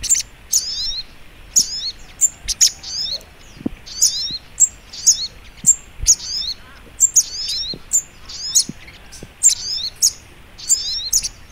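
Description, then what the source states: Little spiderhunter song: quick, high, scratchy twitters and chirps repeated in tight bursts, steady throughout, with soft background hiss and clicks. Masteran training recording, labelled Labaik.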